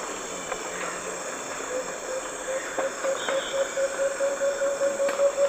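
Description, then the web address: Striated antthrush song, a series of hollow hoots that starts softly and grows steadily louder over several seconds, over a constant insect drone. Songs of two birds, eastern lowlands of South America. "Natures Songs S America Eastern Lowlands Chamaeza nobilis, songs 2 birds"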